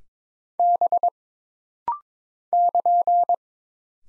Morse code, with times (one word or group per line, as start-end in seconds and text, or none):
0.6-1.1 B
2.5-3.4 <KN>